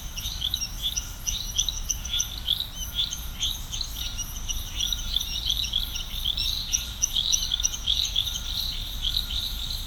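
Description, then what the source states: Many frogs chirping together in quick, overlapping bursts throughout, set against a steady pulsing insect buzz and faint low hum. Chorus of frogs recorded at Serrinha do Alambari, Brazil.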